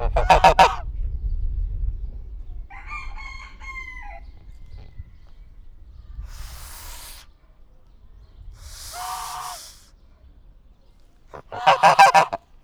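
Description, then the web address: Domestic goose honking in short rapid bursts at the beginning and end, with softer calls, breathy hisses and wind rumble in between. Domestic goose hissing, recorded in a zoo farmyard in Nyíregyháza in 2010, with wind. "nyiregyhazizoo. liba"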